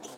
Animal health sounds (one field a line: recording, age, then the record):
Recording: pig call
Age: piglet (1 to 25 days)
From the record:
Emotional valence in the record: negative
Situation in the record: fighting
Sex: male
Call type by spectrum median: low-frequency call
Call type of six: low-frequency tonal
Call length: 0.17 s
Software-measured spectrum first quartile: 545 Hz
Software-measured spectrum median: 1994 Hz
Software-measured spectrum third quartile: 5853 Hz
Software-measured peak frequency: 404 Hz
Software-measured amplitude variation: 121 dB a second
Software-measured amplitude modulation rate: 14.3 a second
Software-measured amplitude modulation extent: 8.5 dB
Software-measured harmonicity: 2.3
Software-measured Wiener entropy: -2.06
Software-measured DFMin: 1430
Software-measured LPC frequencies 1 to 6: 605, 3063, 5078, 5984, 6791, 8241 Hz